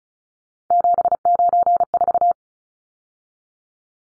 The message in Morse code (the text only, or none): 794